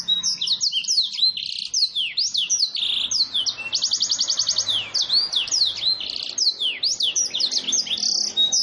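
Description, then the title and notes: Domestic canary pouring out a nonstop song of rapid swooping whistles with a long rolled trill in the middle. Long continuous canary song used as a lure and as tutoring material for training wild canaries. "Pikat Kenari GACOR PANJANG INI Cocok Untuk Masteran KENARI LIAR. Masteran burung kenari gacor parah"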